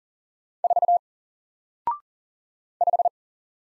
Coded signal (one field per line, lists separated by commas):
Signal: Morse code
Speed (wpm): 40 wpm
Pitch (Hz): 700 Hz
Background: none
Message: 4 5